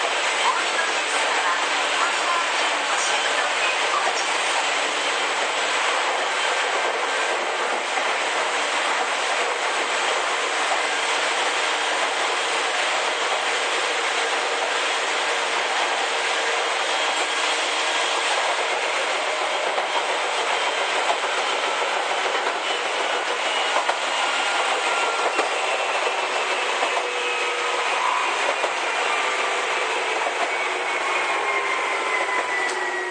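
Izukyu 8000 series train running from Izu-Kogen toward Izukyu-Shimoda: a steady, dense rolling roar with faint whining tones and occasional rail clatter.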